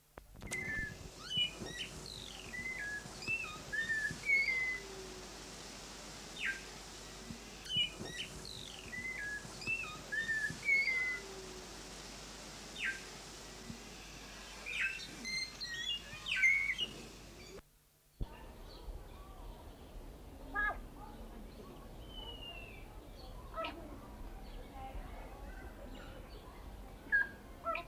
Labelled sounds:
White-necked Myna (Streptocitta albicollis)
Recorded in captivity
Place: Vogelpark Walsrode, Niedersachsen, DE
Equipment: Halbspur, 9,5 cm/s
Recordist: Lütgens, Hans
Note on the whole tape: Gesang, Rufe

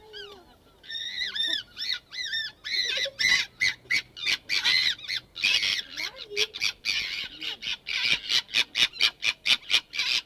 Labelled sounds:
Corsac Fox (Vulpes corsac)
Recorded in captivity
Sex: pair
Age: adult
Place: Tierpark Berlin, Berlin, DE
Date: 1968-03-09 15:00
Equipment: R 20/1, Sennheiser MD 421
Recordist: Tembrock, Günter

